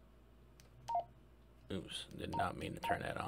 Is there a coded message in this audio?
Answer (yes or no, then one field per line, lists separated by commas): no